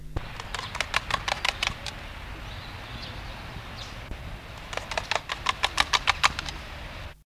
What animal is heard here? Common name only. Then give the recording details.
Marabou Stork. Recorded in captivity. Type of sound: beak sound. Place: Zoo Hannover, Niedersachsen, DE. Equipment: Halbspur, 9,5 cm/s. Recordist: Lütgens, Hans. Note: Klappern Schnabel in Schnabel